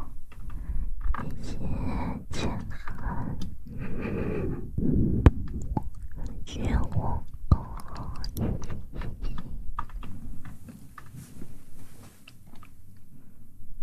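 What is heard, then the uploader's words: Wet mouth sounds, with soft clicks, smacks and chewing-like crunches, arrive in a dense, irregular stream. Sharp snaps cut through around five and seven seconds. After about ten seconds the sounds thin out into lighter rustling and scattered ticks over a low steady hum. ASMR Tingly Mouth Sounds & Hand Movements.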